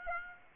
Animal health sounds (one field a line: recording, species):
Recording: mosquito wingbeat signal from an infrared sensor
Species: Aedes aegypti